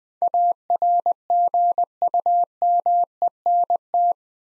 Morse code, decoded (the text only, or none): ARGUMENT